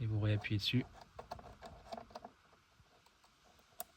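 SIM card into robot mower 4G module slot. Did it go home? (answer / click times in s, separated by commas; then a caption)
yes / 3.8 s. A 4G SIM card is pushed back into the spring-loaded push-push card slot of a Lymow robot mower's 4G module while someone talks, followed by a few faint handling taps. A short, sharp click at 3.8 s marks the card latching in place, and it is seated.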